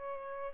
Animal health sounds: mosquito wingbeat signal from an infrared sensor; Aedes albopictus

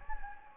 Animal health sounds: mosquito wingbeat signal from an infrared sensor; Anopheles gambiae

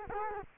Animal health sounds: mosquito wingbeat signal from an infrared sensor; Culex quinquefasciatus

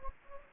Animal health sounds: mosquito wingbeat signal from an infrared sensor; Anopheles gambiae

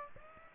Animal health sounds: mosquito wingbeat signal from an infrared sensor; Aedes aegypti

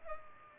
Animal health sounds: mosquito wingbeat signal from an infrared sensor; Culex pipiens

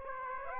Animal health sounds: mosquito wingbeat signal from an infrared sensor; Aedes aegypti

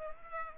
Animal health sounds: mosquito wingbeat signal from an infrared sensor; Aedes aegypti

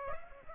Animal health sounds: mosquito wingbeat signal from an infrared sensor; Aedes aegypti

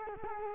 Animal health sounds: mosquito wingbeat signal from an infrared sensor; Culex quinquefasciatus

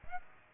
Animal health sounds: mosquito wingbeat signal from an infrared sensor; Aedes aegypti

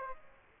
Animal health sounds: mosquito wingbeat signal from an infrared sensor; Aedes aegypti

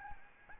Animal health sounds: mosquito wingbeat signal from an infrared sensor; Aedes albopictus

